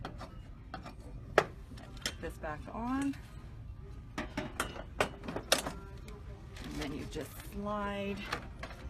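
Someone talks while handling a retail cosmetics display tray that is about to be slid back onto its shelf bracket, with a small piece meant to sit underneath it. Short plastic-like taps and knocks from the handling come through, the sharpest near 1.4 s and 5.5 s. Nothing has seated or clicked yet.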